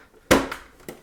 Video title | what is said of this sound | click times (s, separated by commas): PS5 : How to Fix Noisy Loud Disc Drive | and here you go everything is in place it's not going anywhere you should hear a small Click | 0.3 s